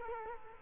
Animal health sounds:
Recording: mosquito wingbeat signal from an infrared sensor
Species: Culex quinquefasciatus

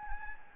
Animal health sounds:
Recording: mosquito wingbeat signal from an infrared sensor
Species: Anopheles gambiae

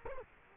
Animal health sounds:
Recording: mosquito wingbeat signal from an infrared sensor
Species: Culex quinquefasciatus

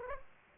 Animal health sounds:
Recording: mosquito wingbeat signal from an infrared sensor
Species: Aedes aegypti

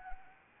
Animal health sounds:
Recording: mosquito wingbeat signal from an infrared sensor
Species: Anopheles arabiensis

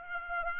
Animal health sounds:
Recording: mosquito wingbeat signal from an infrared sensor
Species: Aedes aegypti

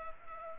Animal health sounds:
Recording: mosquito wingbeat signal from an infrared sensor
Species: Culex pipiens

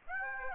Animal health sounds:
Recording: mosquito wingbeat signal from an infrared sensor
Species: Aedes aegypti

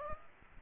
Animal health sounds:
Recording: mosquito wingbeat signal from an infrared sensor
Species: Aedes aegypti

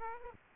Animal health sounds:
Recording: mosquito wingbeat signal from an infrared sensor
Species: Aedes aegypti

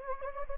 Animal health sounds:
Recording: mosquito wingbeat signal from an infrared sensor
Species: Anopheles gambiae

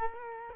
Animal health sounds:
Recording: mosquito wingbeat signal from an infrared sensor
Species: Culex quinquefasciatus

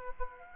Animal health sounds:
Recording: mosquito wingbeat signal from an infrared sensor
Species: Aedes aegypti

